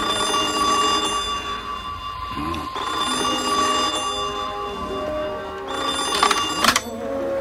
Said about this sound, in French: quand soudain, le téléphone sonne.